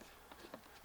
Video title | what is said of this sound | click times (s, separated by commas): DIY Cabin Filter RR 2012 Chevy Traverse | are all the way in. You can hear it click. | 0.3 s, 0.5 s